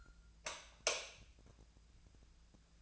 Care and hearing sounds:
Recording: daily activity, microphone in the room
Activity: light off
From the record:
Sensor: 2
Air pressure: 999.9 hPa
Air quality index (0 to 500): 117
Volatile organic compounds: 2 ppm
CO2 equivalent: 1009 ppm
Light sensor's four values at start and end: 38/103/43/48 and 34/86/36/41

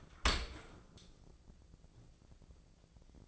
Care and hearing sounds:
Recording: daily activity, microphone in the room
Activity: open dishwasher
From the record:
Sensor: 5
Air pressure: 1012.4 hPa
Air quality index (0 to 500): 158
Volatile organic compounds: 2 ppm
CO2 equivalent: 1076 ppm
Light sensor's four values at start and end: 108/259/110/124 and 107/257/109/123

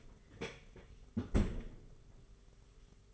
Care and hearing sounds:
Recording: daily activity, microphone in the room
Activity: close fridge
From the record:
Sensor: 4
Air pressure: 991.8 hPa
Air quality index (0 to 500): 102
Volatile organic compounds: 13 ppm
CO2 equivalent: 2405 ppm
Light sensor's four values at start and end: 20/65/24/24 and 20/67/25/25

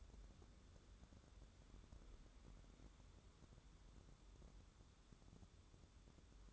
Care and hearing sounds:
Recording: daily activity, microphone in the room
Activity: wipe stove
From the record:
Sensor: 3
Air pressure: 1015.0 hPa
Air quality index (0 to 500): 60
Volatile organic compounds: 1 ppm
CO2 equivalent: 778 ppm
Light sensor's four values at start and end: 15/39/15/16 and 15/39/15/16

